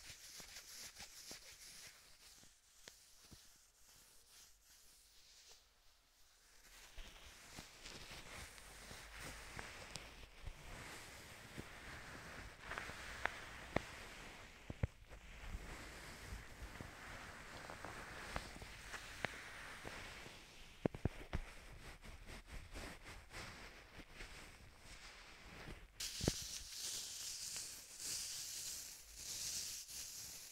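Gloved hands cup and tap, making a soft, continuous rustling hiss that shifts from side to side. After a quieter, thinner opening, the sound grows fuller around six seconds, with sharp taps scattered throughout. Near twenty-six seconds the rustle turns brighter and airier.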